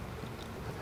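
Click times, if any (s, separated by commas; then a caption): none. A plastic locking pin is being handled at a wiring connector for a KC Hilites Gravity Pro6 light bar on a Wrangler 392, after the wires have been pushed through. There is only a steady low rumble with no distinct clicks or talk. Nothing has seated or clicked yet.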